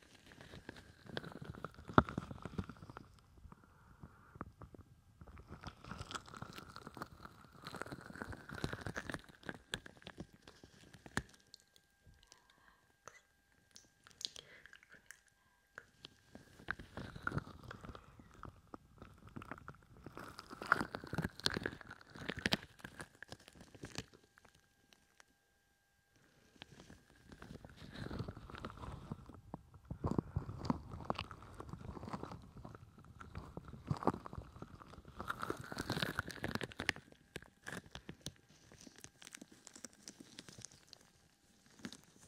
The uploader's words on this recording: ASMR Ear Cupping with Gloves.